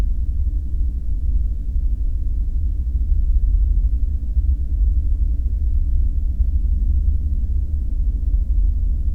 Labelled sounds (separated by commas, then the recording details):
machinery, aircraft
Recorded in the Prudhoe Bay oil fields, Alaska, on 5 September 2019 at 01:04
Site 14